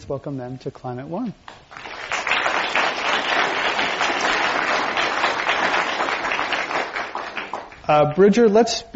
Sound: applause

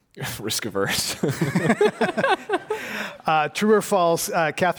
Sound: laughter

